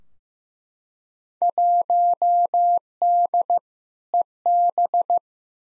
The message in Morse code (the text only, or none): 1D EB